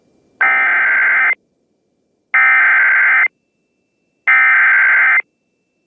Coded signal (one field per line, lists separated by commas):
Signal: Emergency Alert System (SAME) tones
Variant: header bursts